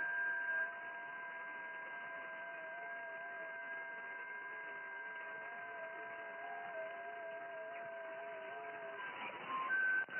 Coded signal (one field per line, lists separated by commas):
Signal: FT8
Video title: FT8 運用動画 28Mhzでアルゼンチン、ベトナム、オーストラリアと交信しました。JH4MTE